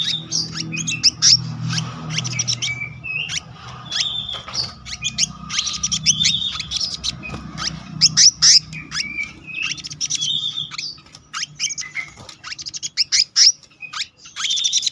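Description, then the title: Selendang biru songbird in continuous, busy song of rapid chips, squeaks and brief whistles, rolling on for the whole stretch over low background noise. Song in the continuous rolling style called gacor ngeroll, with isian (filler notes). "BURUNG SELENDANG BIRU GACOR NGEROLL ISIAN"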